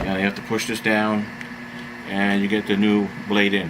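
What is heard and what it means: A new cut-off disc is being fitted onto the spring-loaded quick-change arbor of a rotary tool accessory by pushing the holder down, while someone talks over a steady background hum. The disc is handled but nothing has seated or clicked yet.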